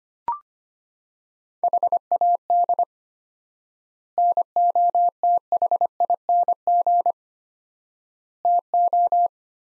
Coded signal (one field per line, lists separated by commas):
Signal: Morse code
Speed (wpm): 25 wpm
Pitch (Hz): 700 Hz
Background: none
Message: HAD NOTHING TO